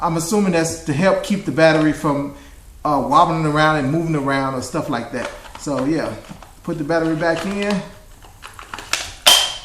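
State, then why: Seated. A 20V battery pack for a Porter-Cable cordless impact driver is slid back onto the driver's base while someone talks. A few small clicks and scrapes come around 8.5–8.9 s. The pack then latches with a loud click at 9.3 s and locks in place.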